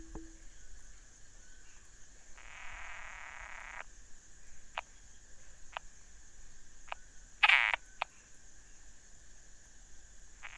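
Frog croaking in a long rasping burst, then several short clicking notes and a loud harsh croak later on, over a steady high-pitched background hum.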